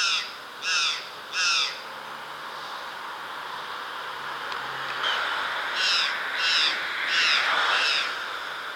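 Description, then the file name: White-naped jay calls: three harsh, raspy notes, a quiet gap, then a second run of several similar grating calls. "Gralha Cancã"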